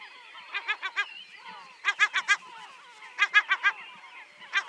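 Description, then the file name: Yellow-legged gull giving harsh, nasal laughing calls in repeated bursts of four quick notes, with softer calls of other birds behind. Many other birds of various kinds calling alongside. "Goéland leucophée (Larus michahellis) - Nombreux oiseaux divers cris"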